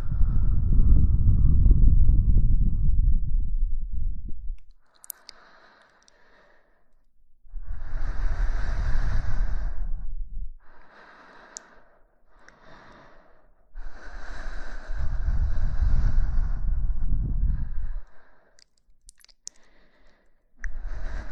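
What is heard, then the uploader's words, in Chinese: Gentle breaths are blown into the ear from very close, in long airy puffs of two to four seconds separated by short pauses. Some carry a deep, muffled whoosh while others are lighter and hissier, with faint small clicks in the quiet gaps. 轻轻的吹耳朵。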